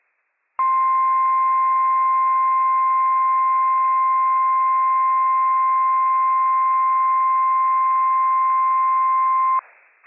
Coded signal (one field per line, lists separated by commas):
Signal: Emergency Alert System (SAME) tones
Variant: 1050 Hz attention tone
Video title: Flash Flood Warning - WWF56 - EAS #314 - 3:18 PM PDT 5/27/23